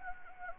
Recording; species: mosquito wingbeat signal from an infrared sensor; Anopheles gambiae